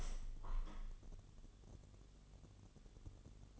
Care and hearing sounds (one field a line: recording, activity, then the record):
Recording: daily activity, microphone in the room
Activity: open window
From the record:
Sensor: 4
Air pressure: 1015.8 hPa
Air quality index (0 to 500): 123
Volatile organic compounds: 3 ppm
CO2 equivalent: 1376 ppm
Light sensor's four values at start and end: 9/20/8/7 and 9/20/8/8